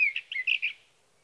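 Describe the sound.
Sage thrasher song fragment, a quick run of warbled notes lasting under a second, clean and quiet behind.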